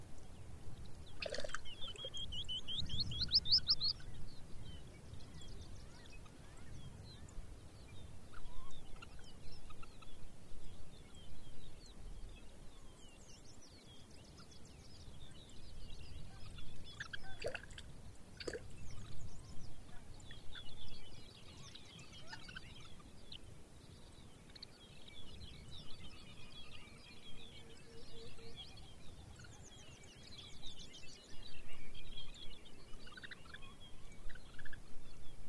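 Birds chirp and trill almost without pause, bright calls scattered through the clip over a low, steady rumble, with a few sharp clicks near eighteen seconds.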